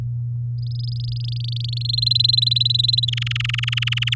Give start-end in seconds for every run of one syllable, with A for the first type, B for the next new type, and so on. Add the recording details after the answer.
0.58-1.82 A, 1.85-3.05 B, 3.08-4.15 C. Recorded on 9 May 2018 at 12:19. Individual llb16